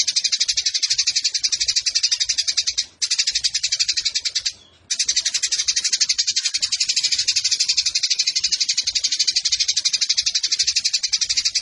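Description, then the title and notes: Eurasian tree sparrow song: a sustained, fast rattle of sharp high chirps, interrupted by two short pauses early on. Fighting-style 'tarung nembak panjang' song with long shooting phrases and a clear voice, used as tutor song (masteran) for competition birds. "GEREJA TARUNG NEMBAK PANJANG SUARA JERNIH. Burung Gereja"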